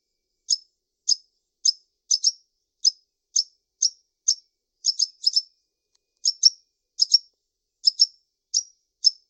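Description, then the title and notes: Bird chirps: short, high, sharp notes, single or in quick pairs, repeated roughly every half second with a brief pause midway. "Bird Sound. Kicau Burung Lengkap"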